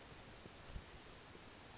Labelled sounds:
Oak Titmouse
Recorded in Sonoma County, California

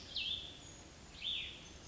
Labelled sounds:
Cassin's Vireo
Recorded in Sonoma County, California

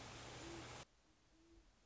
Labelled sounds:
Great Horned Owl
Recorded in Sonoma County, California

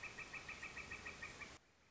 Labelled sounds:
Northern Flicker
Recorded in Sonoma County, California

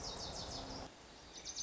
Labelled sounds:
Lazuli Bunting
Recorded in Sonoma County, California

